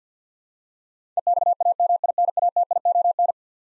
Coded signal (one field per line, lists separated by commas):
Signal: Morse code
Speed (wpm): 50 wpm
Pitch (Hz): 700 Hz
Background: none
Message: EXAMINATION